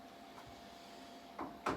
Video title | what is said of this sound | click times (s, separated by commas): Fork Bushing Removal, Insertion and Sizing (Burnishing) | there we go you can hear it snap | 1.4 s, 1.7 s